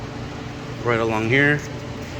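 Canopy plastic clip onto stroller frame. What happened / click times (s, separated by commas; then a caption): Handled, not yet home: no seating click from the clip / none. Someone handles the plastic canopy clip of a Graco Modes 3 Lite DLX stroller travel system, lining it up to press onto the stroller frame. A steady background hum runs throughout, and someone talks briefly in the middle. No click is heard, and the clip has not yet snapped onto the frame.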